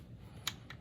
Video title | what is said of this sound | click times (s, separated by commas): Mechman Alternator 15.8 voltage increase | You hear that little clip? It's all locked into place now. | 0.5 s